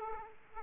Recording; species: mosquito wingbeat signal from an infrared sensor; Aedes aegypti